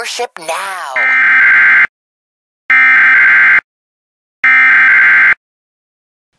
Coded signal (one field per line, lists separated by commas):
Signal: Emergency Alert System (SAME) tones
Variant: header bursts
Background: speech